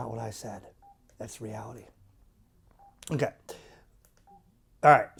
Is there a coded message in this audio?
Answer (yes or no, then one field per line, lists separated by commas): no